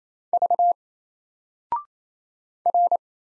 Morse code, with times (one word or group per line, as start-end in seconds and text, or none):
0.3-0.7 V
2.7-3.0 R